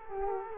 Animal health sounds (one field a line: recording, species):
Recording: mosquito wingbeat signal from an infrared sensor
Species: Culex quinquefasciatus